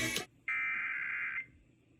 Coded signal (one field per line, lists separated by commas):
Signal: Emergency Alert System (SAME) tones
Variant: header bursts